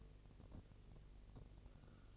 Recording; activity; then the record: daily activity, microphone in the room; take from stove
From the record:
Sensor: 4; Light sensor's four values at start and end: 9/20/8/8 and 9/20/8/8